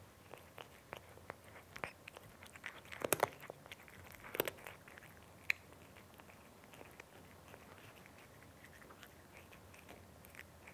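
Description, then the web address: Cat eating with steady crunching and chewing clicks, and a few louder bites near three and four and a half seconds. Cat eating with a nice crunchy sound. "BBC Sound Effects Library (Cats) Cat Eating (Nice Crunchy Sound)"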